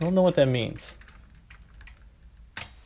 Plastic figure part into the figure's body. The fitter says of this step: like it doesn't doesn't seem like there's anything to click into place